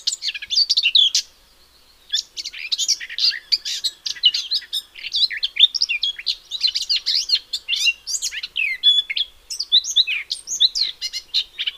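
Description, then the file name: Eurasian blackcap delivering a long, dense warble of rapid chattering and whistled notes, with one short silence early on, then continuous to the end. "Sylvia atricapilla"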